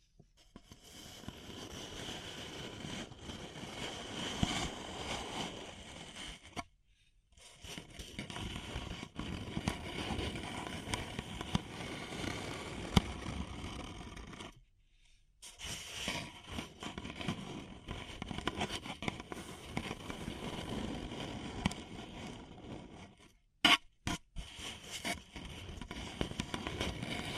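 Paper cup sounds: dense, crackling scratches and crinkles run in long stretches, with sharp little clicks scattered through. The handling stops briefly around 7, 15 and 23 seconds, leaving near silence before the rustling picks up again at a similar level.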